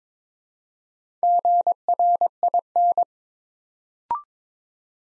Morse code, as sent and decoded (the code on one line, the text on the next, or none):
--. .-. .. -.
GRIN